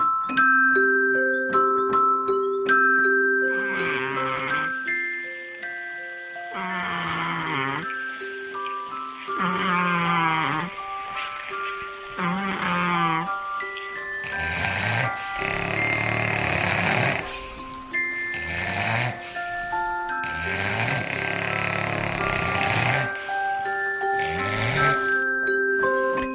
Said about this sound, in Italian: Il primo era un gatto siamese, i secondi era una coppia di bulldog. Russano nella stessa maniera in cui russo io.